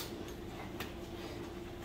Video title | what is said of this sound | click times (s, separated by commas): M119 Installing and Routing Spark Plug Wires | just like the other one push it until it clicks | 0.8 s